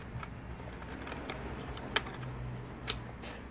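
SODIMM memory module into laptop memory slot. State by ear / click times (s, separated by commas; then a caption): seated / 2.0 s, 2.9 s. Two DDR3 SODIMM memory modules are pressed down into a laptop's hinged memory slot, with faint light taps and handling noise before sharp clicks at 2.0 s and 2.9 s. The retaining clips snap and the modules are seated.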